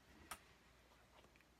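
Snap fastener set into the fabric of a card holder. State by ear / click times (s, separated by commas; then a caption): seated / 0.3 s. A snap fastener is squeezed into the fabric of a card holder, giving one sharp, short click at 0.3 s that confirms the snap has seated. A few faint ticks follow near 1.4 s over a quiet background.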